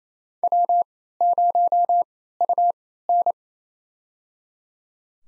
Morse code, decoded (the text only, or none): W0UN